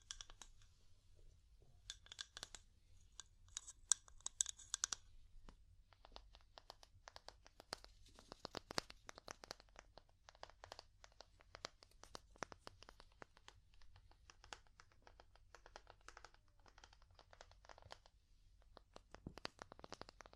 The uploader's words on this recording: ASMR Calming Wood Tapping (No Talking).